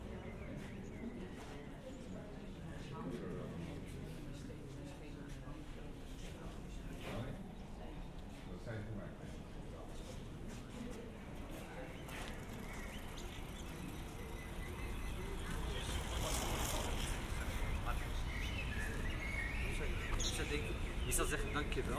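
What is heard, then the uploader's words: Art lovers murmur and talk in a reverberant museum hall, a steady crowd babble with scattered clicks and footsteps, growing louder after fifteen seconds. Generative soundscape based on a two-dimensional random walk between four binaural soundscapes recorded in Amsterdam. Art lovers at the Stedelijk Museum.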